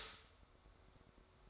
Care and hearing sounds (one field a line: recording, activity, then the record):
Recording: daily activity, microphone in the room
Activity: stop toaster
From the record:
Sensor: 3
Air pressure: 1014.6 hPa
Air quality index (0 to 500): 200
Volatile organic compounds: 26 ppm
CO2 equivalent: 2867 ppm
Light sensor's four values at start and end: 4/10/4/4 and 4/10/4/4